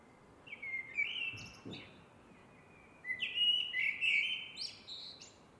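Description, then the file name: Eurasian blackbird song in two bursts: a short fluty phrase with a high squeak, a pause, then a longer warble ending in thin, high twitters. "MERLES"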